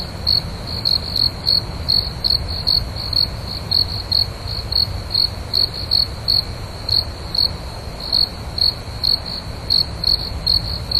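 Cricket chirping: short, high, ringing pulses repeated steadily, with a low rumbling background underneath.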